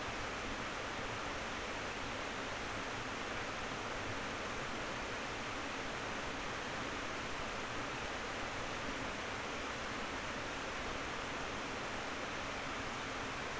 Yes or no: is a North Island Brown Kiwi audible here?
no